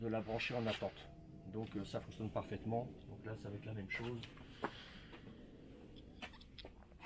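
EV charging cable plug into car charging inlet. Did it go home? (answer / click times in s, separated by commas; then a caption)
no / none. Someone talks for the first four seconds, then an EV charging cable plug is pushed into the locked, sleeping electric car's charging inlet, with a short knock near 4.6 s and faint handling taps up to a sharp tap at 7.1 s. No locking click is heard; the car does not lock the plug, so nothing has clicked yet.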